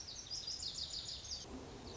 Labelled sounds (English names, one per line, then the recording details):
Lazuli Bunting
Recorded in Sonoma County, California